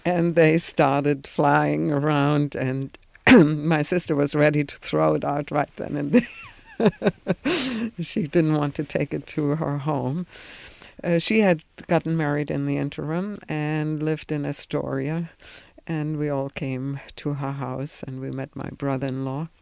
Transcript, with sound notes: And they started flying around, and my sister was ready to throw it out right then and there. (she laughs) She didn't want to take it to her home. She had gotten married in the interim and lived in Astoria and we all came to her house, and we met my brother-in-law.